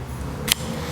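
A longer extension cord is lined up with the male/female end of a heat induction tool's cable connector and pushed together until it locks. A single sharp click is heard at 0.5 s over a low steady background hum, and the connector is seated and locked in.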